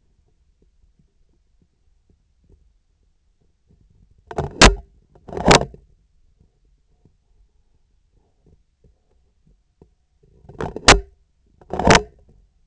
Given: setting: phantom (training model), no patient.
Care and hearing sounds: laparoscopic instrument, vibration sensor on the handle end; scissors; opening and closing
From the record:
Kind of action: tool actuation without material contact

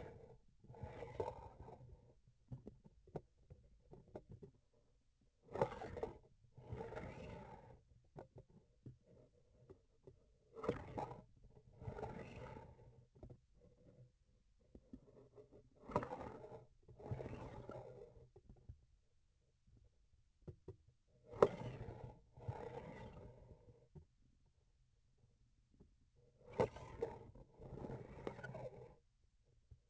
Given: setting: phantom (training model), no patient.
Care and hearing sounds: laparoscopic instrument, vibration sensor on the handle end; grasping forceps; approaching and retracting movements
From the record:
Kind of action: spatial motion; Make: other than Olympus

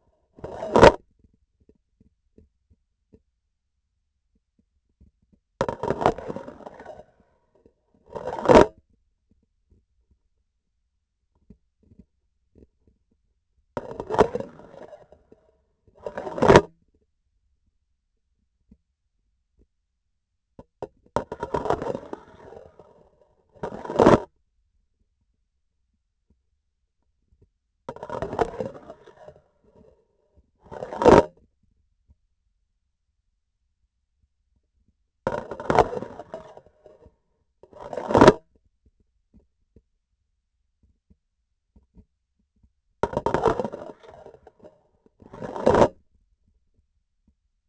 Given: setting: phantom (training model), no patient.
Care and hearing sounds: laparoscopic instrument, vibration sensor on the handle end; grasping forceps; insertion and removal through the trocar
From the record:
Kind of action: spatial motion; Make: other than Olympus

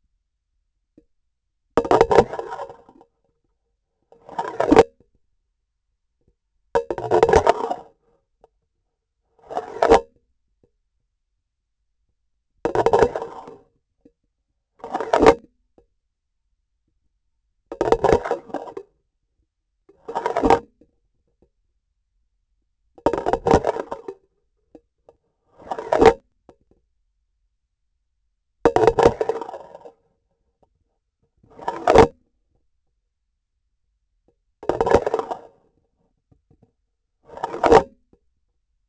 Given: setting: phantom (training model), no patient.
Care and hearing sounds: laparoscopic instrument, vibration sensor on the handle end; grasping forceps; insertion and removal through the trocar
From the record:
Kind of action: spatial motion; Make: Olympus

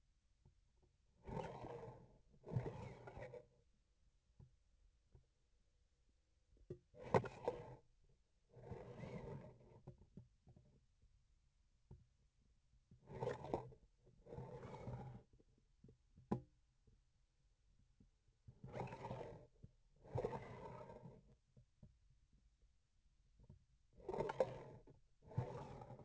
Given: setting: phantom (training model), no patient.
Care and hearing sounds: laparoscopic instrument, vibration sensor on the handle end; grasping forceps; approaching and retracting movements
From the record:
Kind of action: spatial motion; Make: other than Olympus

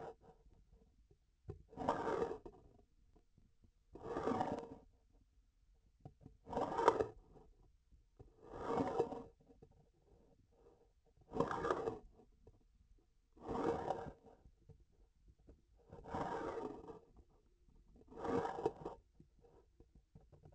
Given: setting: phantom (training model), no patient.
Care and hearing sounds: laparoscopic instrument, vibration sensor on the handle end; grasping forceps; approaching and retracting movements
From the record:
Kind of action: spatial motion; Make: Olympus

